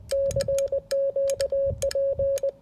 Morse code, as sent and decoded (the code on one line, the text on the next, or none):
-.-. --.- .--.
CQP